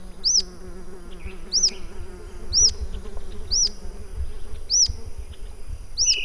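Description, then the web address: Rough-legged tyrannulet calls: a thin, high, arched whistle repeated about every 1.2 seconds, over a low droning hum in the first part and faint background noise. "sound Rough-legged-tyrannulet. صدای-پرنده-ژیانمرغک-پازبر"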